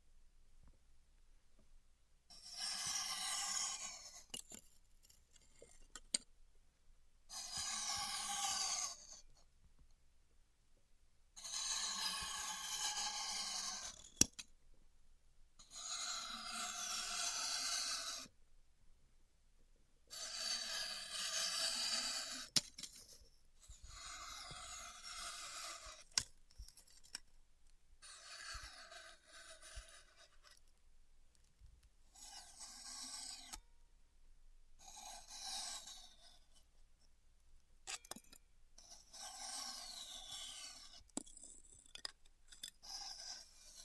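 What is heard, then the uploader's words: Styrofoam being heat cut in repeated bursts of bright squeaky rasping, each about two seconds long, separated by short silences and occasional clicks. ASMR Styrofoam Heat Cutting (No Talking).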